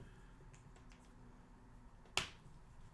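A foot is pushed onto the ball or peg joint of a 1:12 plastic action figure's leg while swapping its feet. After quiet handling noise with a faint tick near 0.9 s, a sharp, bright click rings out at 2.2 s as the foot seats into place.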